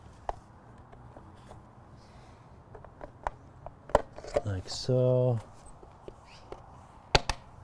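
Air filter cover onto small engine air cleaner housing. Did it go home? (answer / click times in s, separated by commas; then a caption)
yes / 7.1 s, 7.3 s. The plastic air filter cover on the Honda GC190 small engine of a Storm Jet pressure washer is pushed back onto its air cleaner housing over two tabs while someone talks, with scattered light taps and a short steady hum around 5 seconds. Two sharp snaps at 7.2 s and 7.3 s mark the cover seating firmly back in place.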